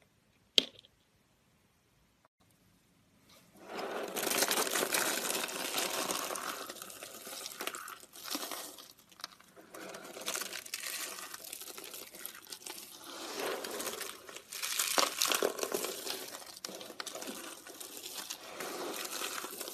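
Soap carving: a sharp click near the start, a quiet pause, then steady dense scraping and shaving that swells and dips until the end.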